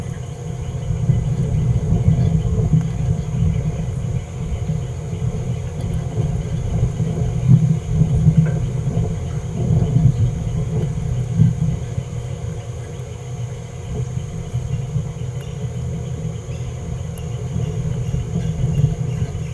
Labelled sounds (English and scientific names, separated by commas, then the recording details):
Green-rumped Parrotlet (Forpus passerinus) babbling
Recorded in a nest box in Venezuela
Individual 18B17A5